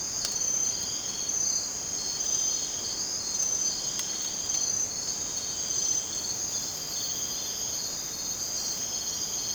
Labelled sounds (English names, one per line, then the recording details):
none
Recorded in dense forest near Puerto Asís, Putumayo, Colombia, on 27 June 2025 at 02:30
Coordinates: 0.484, -76.317
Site G045